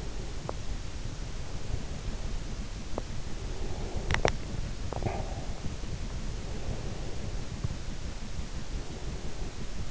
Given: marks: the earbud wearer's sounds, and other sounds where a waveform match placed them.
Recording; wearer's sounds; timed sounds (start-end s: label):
sounds in sleep by an in-ear microphone; teeth grinding
0.00-5.54 s: teeth grinding